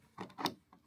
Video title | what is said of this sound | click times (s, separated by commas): DETAILED REVIEW EcoFlow Delta Pro ULTRA | connect it locks in place we also have that lock we can turn | 0.5 s